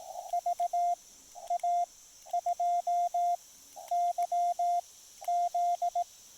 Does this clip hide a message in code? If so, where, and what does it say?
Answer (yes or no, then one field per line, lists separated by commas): yes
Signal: Morse code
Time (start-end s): 0.3-6.0 s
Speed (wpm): 18 wpm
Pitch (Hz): 700 Hz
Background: radio noise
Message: VA2YZ